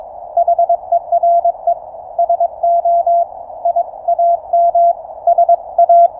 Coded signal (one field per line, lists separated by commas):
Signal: Morse code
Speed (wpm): 22 wpm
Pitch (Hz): 690 Hz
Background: none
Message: HERE SO I AM SA